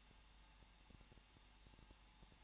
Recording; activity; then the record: daily activity, microphone in the room; no activity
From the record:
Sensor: 1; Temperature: 20.1 degrees Celsius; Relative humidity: 39.4%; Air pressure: 1006.4 hPa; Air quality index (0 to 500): 218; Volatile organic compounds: 80 ppm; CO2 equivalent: 3605 ppm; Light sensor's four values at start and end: 1/2/1/1 and 1/2/1/1